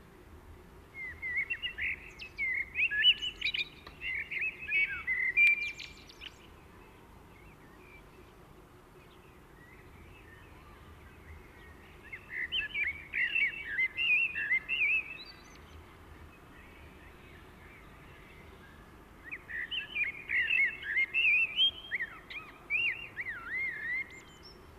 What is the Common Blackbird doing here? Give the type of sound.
song